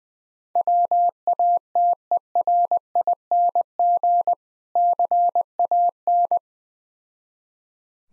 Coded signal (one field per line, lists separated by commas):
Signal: Morse code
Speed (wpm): 20 wpm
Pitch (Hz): 700 Hz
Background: none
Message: WATERING CAN